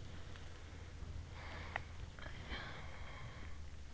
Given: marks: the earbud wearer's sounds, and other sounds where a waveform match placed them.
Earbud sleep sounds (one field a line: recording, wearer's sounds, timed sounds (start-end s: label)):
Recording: sounds in sleep by an in-ear microphone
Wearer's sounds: body movement, talking in sleep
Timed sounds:
0.00-3.85 s: body movement
2.13-3.65 s: talking in sleep